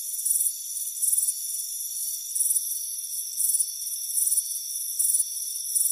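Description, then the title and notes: Crickets chirping in high, shimmering pulsed bursts repeating steadily, over steady high-pitched insect tones; no low sounds at all. Crickets chirping on a warm afternoon on a front porch. "Soothing Crickets Chirping Sound. Deep Sleep Sounds"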